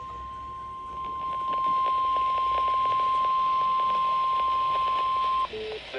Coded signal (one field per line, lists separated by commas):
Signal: Emergency Alert System (SAME) tones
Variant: 1050 Hz attention tone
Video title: EAS Severe Thunderstorm Warning on NOAA Radio for Indiana (3/31/2026) EAS #589